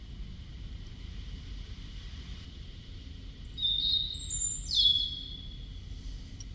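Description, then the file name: European robin giving a few thin, high, drawn-out notes late, set against steady low rumbling background noise. "Erithacus rubecula"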